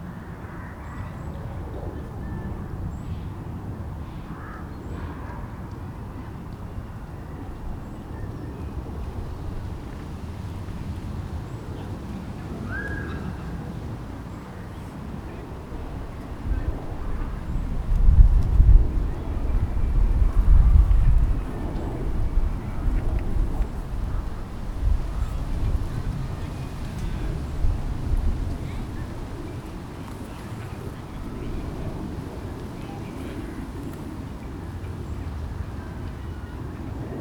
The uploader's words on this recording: Captured in a country park on Boxing day. Families are filling the park and children are trying their new bicycles that they received for Christmas.